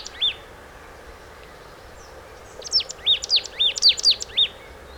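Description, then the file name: Marsh tit with one sharp, high note, then after a gap a rapid series of about seven bright, swooping chips, against faint steady hiss. "Poecile palustris"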